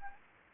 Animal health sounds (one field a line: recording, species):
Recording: mosquito wingbeat signal from an infrared sensor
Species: Anopheles arabiensis